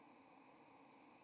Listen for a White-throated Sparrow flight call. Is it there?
yes